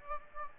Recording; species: mosquito wingbeat signal from an infrared sensor; Aedes aegypti